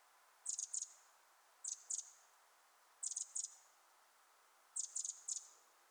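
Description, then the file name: Eurasian wren producing paired clusters of sharp, high ticks, four groups in quick succession about a second and a half apart. "Troglodytes troglodytes"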